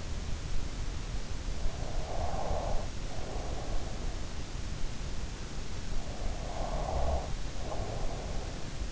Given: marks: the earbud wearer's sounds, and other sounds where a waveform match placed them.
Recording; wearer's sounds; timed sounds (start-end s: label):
sounds in sleep by an in-ear microphone; snoring breath
1.28-4.01 s: snoring breath
6.40-8.92 s: snoring breath